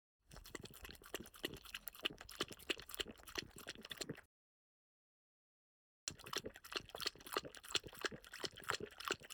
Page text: French Bulldog Drinking. Quick Sounds